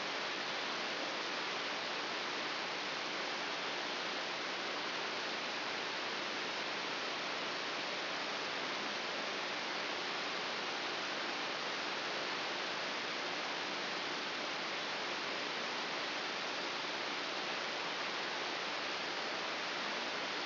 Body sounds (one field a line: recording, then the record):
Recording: brain microelectrode recording played as sound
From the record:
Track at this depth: inside the subthalamic nucleus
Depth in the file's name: 3.402 mm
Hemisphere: right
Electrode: 3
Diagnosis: Parkinson's disease